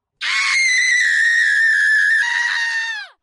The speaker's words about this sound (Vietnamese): Nữ quỷ kia hét lên một tiếng chói tai, sau đó tàn đi như một lớp sương mù.